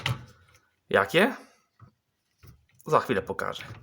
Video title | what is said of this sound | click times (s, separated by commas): Zmywarka nie domywa naczyń? Vademecum :) | usłyszę charakterystyczne kliknięcie jakie | 0.1 s